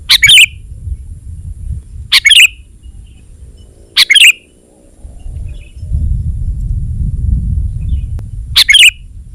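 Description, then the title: Sooty-headed bulbul calling with three sharp, bubbly chirp bursts about two seconds apart, a pause, then a fourth, over low rumbling noise. "kutilang"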